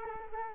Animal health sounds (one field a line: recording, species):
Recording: mosquito wingbeat signal from an infrared sensor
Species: Culex quinquefasciatus